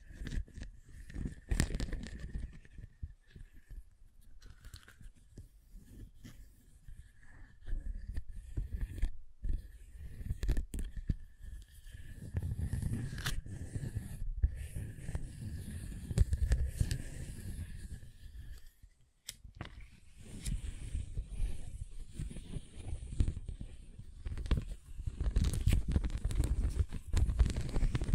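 Scratching and tracing sounds: rough, irregular scraping strokes with a dry, papery texture, some brief sharp clicks mixed in. A thin steady whine sits under the first two-thirds, then stops; strokes grow denser and louder after about twelve seconds, with a short pause near nineteen.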